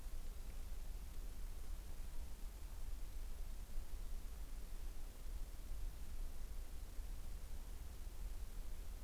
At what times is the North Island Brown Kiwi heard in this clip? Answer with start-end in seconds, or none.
none